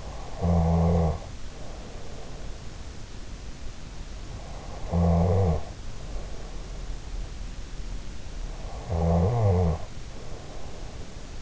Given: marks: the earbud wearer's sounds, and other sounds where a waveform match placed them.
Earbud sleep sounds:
sounds in sleep by an in-ear microphone; snoring breath
0.00-2.75 s: snoring breath
4.72-7.01 s: snoring breath
8.79-11.41 s: snoring breath

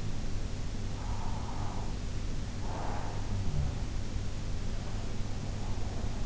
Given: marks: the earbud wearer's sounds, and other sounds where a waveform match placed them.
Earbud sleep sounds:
sounds in sleep by an in-ear microphone; breath
0.83-3.56 s: breath

